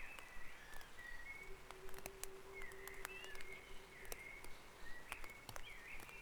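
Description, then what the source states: Birds singing in a dawn chorus, bright whistled notes, a low steady hum for a few seconds, clicks throughout. Dawn chorus recorded on Back Dragon Avenue, Harrogate, as part of the Sound Map of Harrogate.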